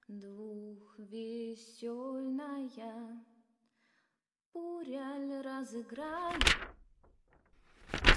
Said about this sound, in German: knarrte plötzlich die Tür und meine Undine trat ein